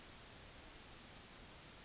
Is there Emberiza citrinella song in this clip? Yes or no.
yes